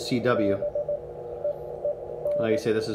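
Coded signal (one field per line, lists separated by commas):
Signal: Morse code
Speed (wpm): 18 wpm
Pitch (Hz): 590 Hz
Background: speech, radio noise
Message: BEEN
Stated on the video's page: CW heard on the 17 m band.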